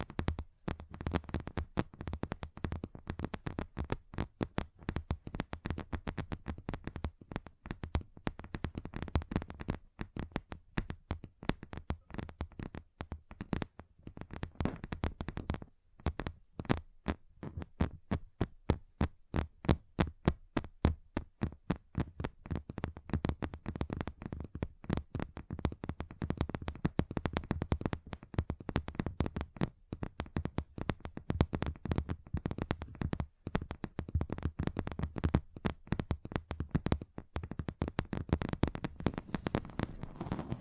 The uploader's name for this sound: Table Tapping Different Surfaces